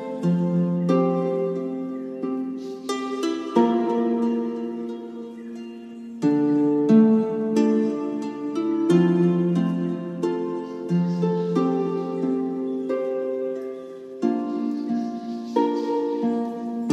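Slow, mystical Celtic-style music with long ringing notes layered into chords. A new chord or note arrives every one to three seconds with a soft plucked attack, while the loudness stays fairly even. A faint airy shimmer rises above the melody now and then.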